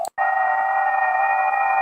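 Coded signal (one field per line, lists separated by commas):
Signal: FT8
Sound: several overlapping soft warbling tones at once, a short dropout, then steady multi-tone hum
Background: radio static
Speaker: let's see if we can hear this FT8. Yeah, FT8 is there.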